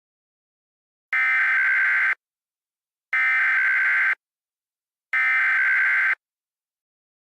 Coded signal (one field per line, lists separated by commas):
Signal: Emergency Alert System (SAME) tones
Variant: header bursts